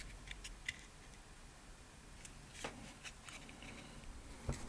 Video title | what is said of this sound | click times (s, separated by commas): SKODA FABIA Headlight switch + Removal Fix (MK1 99-07) | and it simply clicks into place. | 0.7 s